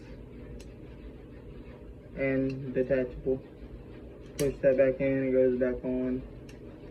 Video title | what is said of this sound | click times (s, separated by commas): 2022 gun review | and it locks in place | 6.5 s